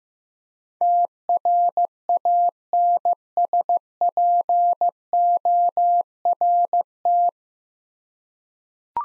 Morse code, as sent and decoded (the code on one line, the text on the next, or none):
- .-. .- -. ... .--. --- .-. -
TRANSPORT